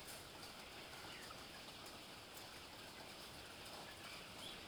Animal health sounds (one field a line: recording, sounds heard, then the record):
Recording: poultry house recording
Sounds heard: healthy chickens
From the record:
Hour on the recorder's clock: 14